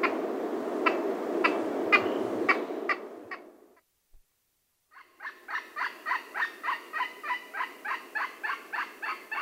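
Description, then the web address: Yellow-tailed woolly monkey giving a few sharp clicks over loud rushing noise, then after a brief silence a rapid series of harsh, regular honking barks. South American rainforest. "Nature Songs S America Primates of the Rainforest Yellow-tailed woolly monkey"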